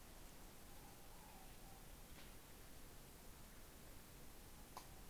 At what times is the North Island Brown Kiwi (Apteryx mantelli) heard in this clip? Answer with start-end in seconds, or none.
none